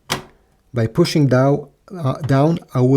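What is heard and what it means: A finger pushes down on the black ink cartridge in an HP DeskJet 2827e printer carriage to release it from the carriage latch for replacement. A single loud click is heard at 0.1 s as the cartridge unlatches, followed by someone talking.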